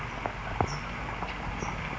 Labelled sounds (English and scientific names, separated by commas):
California Towhee (Melozone crissalis)